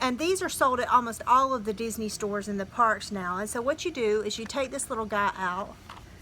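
A small plastic charm is being taken out, ready to be pressed into a hole in a rubber wristband, while someone talks throughout. Nothing has seated or clicked yet; the clip ends before the charm goes in.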